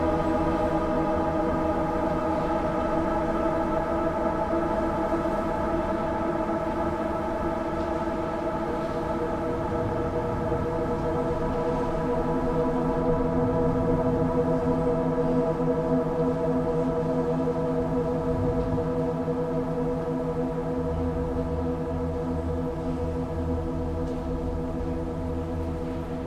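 A field recording from Saint Petersburg filled with a steady, unbroken drone of several stacked tones, like an engine or machinery hum. The level stays constant, with a low rumble swelling around the middle and a deep throbbing tone entering near 21 seconds.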